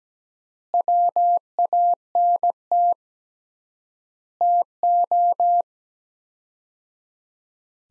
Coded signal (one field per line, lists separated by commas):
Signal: Morse code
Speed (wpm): 17 wpm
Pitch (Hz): 700 Hz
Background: none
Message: WANT TO